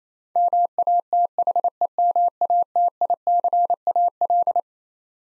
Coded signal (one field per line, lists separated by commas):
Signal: Morse code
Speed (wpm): 28 wpm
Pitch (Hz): 700 Hz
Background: none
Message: MATHEMATICAL